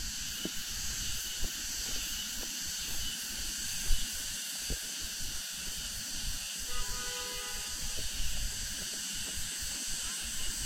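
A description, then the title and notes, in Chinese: Cicadas after rain at the Ming Xiaoling Mausoleum in Nanjing make a steady, dense, high shrilling drone that runs unbroken through the whole clip. Soft low rumbling and scattered ticks lie underneath, and a brief humming tone appears between about 6.5 and 8 seconds. 坐落在南京紫金山独龙阜玩珠峰下，东毗中山陵，南临梅花山。南京明孝陵的雨后蝉鸣。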